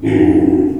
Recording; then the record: squeal of a Yucatan mini pig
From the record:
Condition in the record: before surgery on the right vocal fold (resection and tissue-engineered implant); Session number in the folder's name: 1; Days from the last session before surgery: -21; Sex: female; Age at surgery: 19 weeks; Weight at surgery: 25 kg